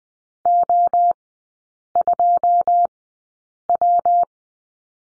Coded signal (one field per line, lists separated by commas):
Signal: Morse code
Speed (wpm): 20 wpm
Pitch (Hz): 700 Hz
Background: none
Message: O2W